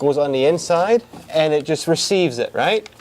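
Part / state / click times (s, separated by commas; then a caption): plastic clip into its receiver on a door security shutter / not seated / none. A plastic clip on a door security shutter is being handled, ready to be pushed into its receiver on the inside. Someone talks throughout, and nothing has seated or clicked yet.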